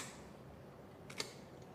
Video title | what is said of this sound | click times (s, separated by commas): Royal Enfield J-Series 350 Engine Rebuild - Complete Step-by-Step Tutorial #bike #video | and there we have it. अपनी position पर lock हो गई है। | 1.1 s, 1.2 s